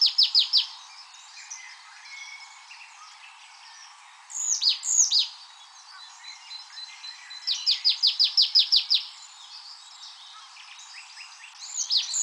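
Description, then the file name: Marsh tit calling, rapid strings of clipped high notes repeated in bursts, mixed with short downslurred chirps and light background hiss. "Poecile palustris"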